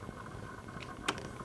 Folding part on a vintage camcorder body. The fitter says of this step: and then it clicks also quick